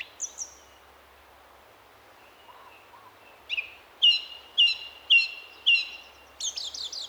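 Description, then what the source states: Song Thrush song: a few high chirps, a quiet pause, then a loud whistled phrase repeated several times, followed by a different high phrase repeated several times. Male singing from an ivy bush in a garden most nights, for about 20 minutes; phrases repeated, repetition characteristic of the species; one phrase likened to 'pieces of eight'.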